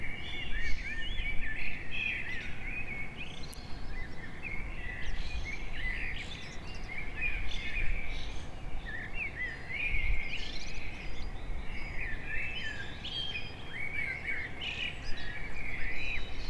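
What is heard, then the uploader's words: Many birds chirp and trill almost nonstop in the morning, bright overlapping calls above a steady low outdoor rumble throughout. Birds in the Morning.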